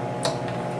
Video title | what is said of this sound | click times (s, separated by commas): Scottsman Ice Machine UN324 De Scale and Clean | it snaps into place when you do it | 0.2 s